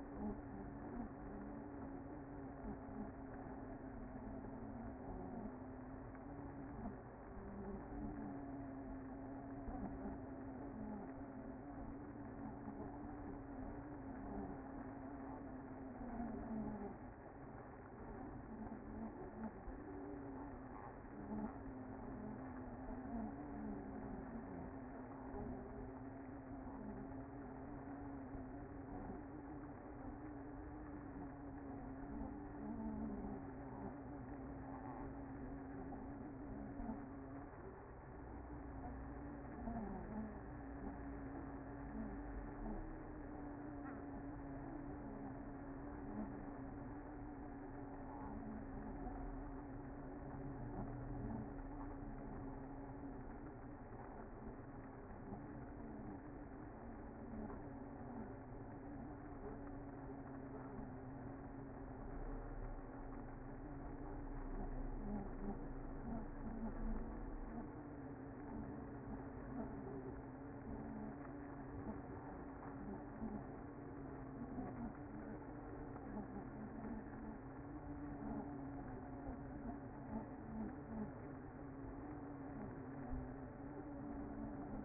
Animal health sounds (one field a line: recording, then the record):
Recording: honeybee colony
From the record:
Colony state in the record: active